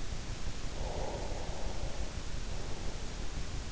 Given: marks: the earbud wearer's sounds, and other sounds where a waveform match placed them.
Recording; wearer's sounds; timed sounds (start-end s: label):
sounds in sleep by an in-ear microphone; breath
0.62-3.44 s: breath